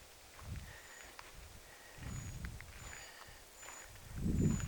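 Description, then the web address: Eurasian treecreeper calls, very high thin short notes repeated about once a second, with rustling and low handling noise underneath. Possibly a young bird calling within a small flock of small birds, recorded 20 July 2026. "paivat 20 7 2026 pikkulintuparvi ehka nuori puukiipija aantelee"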